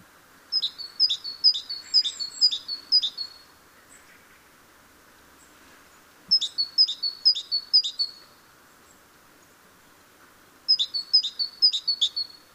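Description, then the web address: Great tit giving three bursts of ringing two-note phrases, several repeats each, separated by pauses of a few seconds, with soft background hiss. "SETE Parus major"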